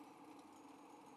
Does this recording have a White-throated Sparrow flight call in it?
no